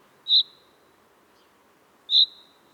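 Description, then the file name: Common chaffinch call notes, a pair of short bright chips nearly two seconds apart over faint low background hiss. "Fringilla coelebs"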